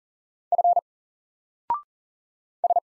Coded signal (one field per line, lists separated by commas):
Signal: Morse code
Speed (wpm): 40 wpm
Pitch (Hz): 700 Hz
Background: none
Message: F S